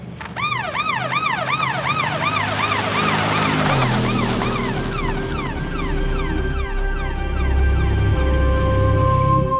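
An ambulance siren wails in rapid rising and falling sweeps, then shifts to steadier, slower tones as the vehicle drives away, over a continuous low rumble of engine and road noise.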